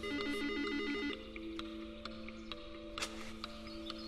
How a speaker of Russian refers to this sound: Она берет телефон. Это звонит Андрей.